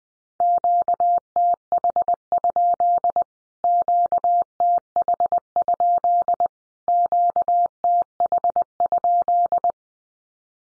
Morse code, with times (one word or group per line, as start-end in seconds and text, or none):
0.4-3.2 QTH?
3.6-6.5 QTH?
6.9-9.7 QTH?